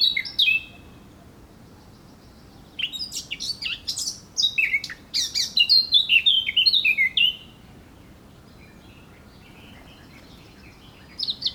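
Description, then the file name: Eurasian blackcap song: a short opening phrase, a pause, then a long burst of busy warbling that breaks into bright, fluty falling whistles. "Sylvia atricapilla"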